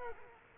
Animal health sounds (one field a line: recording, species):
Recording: mosquito wingbeat signal from an infrared sensor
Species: Culex quinquefasciatus